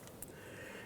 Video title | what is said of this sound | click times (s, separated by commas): How to Replace Fuel Tank Straps 1997-2006 Jeep Wrangler | Push our red lock tab up into place. | 0.2 s